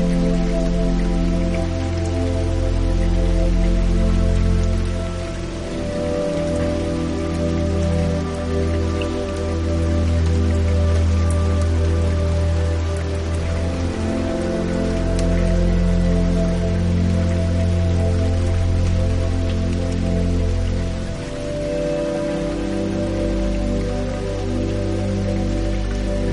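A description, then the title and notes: Soft rain falls in a steady, dense patter, with a deep low rumble underneath and a slight dip in loudness near five and twenty-one seconds. Soft Rain Showers. The rhythmic patter of rainfall.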